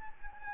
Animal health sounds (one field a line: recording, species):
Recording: mosquito wingbeat signal from an infrared sensor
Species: Anopheles gambiae